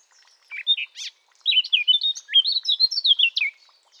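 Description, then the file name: Eurasian blackcap song, a few scratchy opening notes, then a rich run of loud, clear, fluty whistles swooping up and down for about two seconds. "Sylvia atricapilla"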